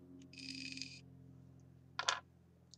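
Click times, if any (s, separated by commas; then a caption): 2.0 s, 2.1 s. A Mako V2 tail cap is screwed onto a flashlight body, with a steady high-pitched tone and a few faint ticks from about 0.3 to 1.0 s over a low hum. The switch then gives two sharp clicks at 2.0 s and 2.1 s as the cap is screwed in until the switch goes off, and the cap is seated.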